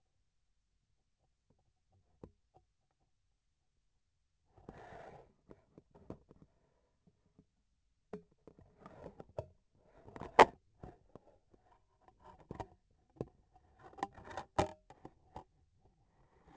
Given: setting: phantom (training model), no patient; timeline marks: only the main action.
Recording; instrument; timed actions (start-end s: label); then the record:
laparoscopic instrument, vibration sensor on the handle end; scissors
15.88-16.57 s: cutting thread
From the record:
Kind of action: gesture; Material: cotton thread